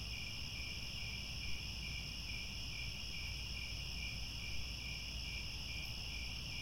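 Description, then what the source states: Chorus of crickets, a constant high shimmering trill layered in several bands, with steady low-frequency background noise throughout. Crickets chirping in a chorus at twilight as the sun sets.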